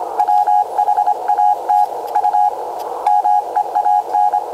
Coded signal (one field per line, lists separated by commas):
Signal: Morse code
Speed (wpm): 25 wpm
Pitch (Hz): 830 Hz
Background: none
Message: WHAT U MEAN